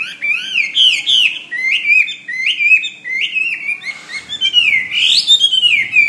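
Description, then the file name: Hwamei song: fluid, varied whistled phrases, some repeated in a short series, with a long rising and falling whistle near the end. "omkicau hwamey"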